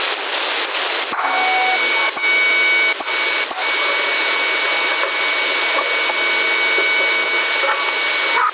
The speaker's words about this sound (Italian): Sì, ci sono, c'è uno che manda a portante, fischia, ma o non mi sente o non lo so, cambio.